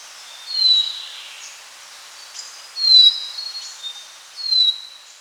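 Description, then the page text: Short-billed minivet calls: thin, high whistled notes sliding downward, given about every two seconds, three calls in all over faint background hiss. "Short-Billed Minivet Call Sound Effect. Quick Sounds"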